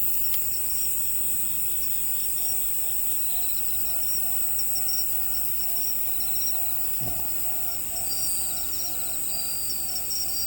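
Insect chirping from crickets, a dense shrill drone with pulsed trills running throughout, a faint steady hum, and one brief knock around seven seconds.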